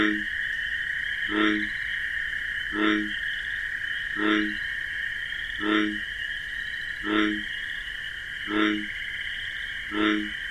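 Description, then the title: American bullfrog repeating a low, harmonic croak seven times at steady intervals while crickets trill constantly in the background. Wetlands at night among marsh grasses; call described as a deep 'jug-o-rum'; crickets chirping in a nocturnal chorus. "Bullfrog Sound. The Wondrous Wetlands"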